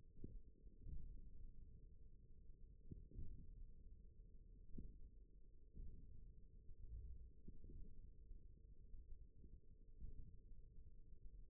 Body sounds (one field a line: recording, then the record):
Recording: forearm muscle sounds (acoustic myography)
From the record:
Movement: thumb flexion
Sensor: system 1, eight BSWA MPA416 microphones around the upper forearm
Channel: 4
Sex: male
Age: 41 years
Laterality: right